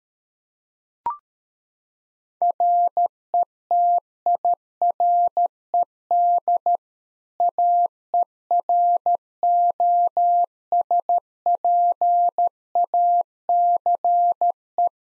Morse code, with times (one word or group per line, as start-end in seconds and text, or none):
2.4-6.8 RETIRED
7.4-14.9 AEROSPACE